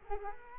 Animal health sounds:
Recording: mosquito wingbeat signal from an infrared sensor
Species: Culex quinquefasciatus

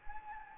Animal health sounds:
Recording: mosquito wingbeat signal from an infrared sensor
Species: Anopheles gambiae

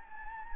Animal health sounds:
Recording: mosquito wingbeat signal from an infrared sensor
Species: Anopheles gambiae

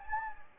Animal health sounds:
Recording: mosquito wingbeat signal from an infrared sensor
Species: Anopheles gambiae

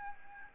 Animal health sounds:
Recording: mosquito wingbeat signal from an infrared sensor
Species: Aedes albopictus

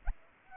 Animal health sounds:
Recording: mosquito wingbeat signal from an infrared sensor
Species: Aedes albopictus

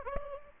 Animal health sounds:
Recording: mosquito wingbeat signal from an infrared sensor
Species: Aedes aegypti

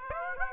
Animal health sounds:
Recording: mosquito wingbeat signal from an infrared sensor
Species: Aedes aegypti

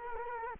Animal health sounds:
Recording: mosquito wingbeat signal from an infrared sensor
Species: Culex quinquefasciatus

